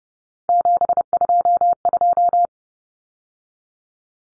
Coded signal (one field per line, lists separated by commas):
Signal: Morse code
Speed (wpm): 30 wpm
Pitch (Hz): 700 Hz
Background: none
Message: 722